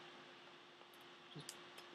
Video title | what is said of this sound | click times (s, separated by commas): Ninja Turtles Donatello unboxing | pops right in there | 1.5 s